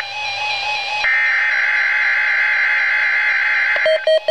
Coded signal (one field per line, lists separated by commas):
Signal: Emergency Alert System (SAME) tones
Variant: header bursts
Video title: Required Weekly Test (EAS #656) [HD]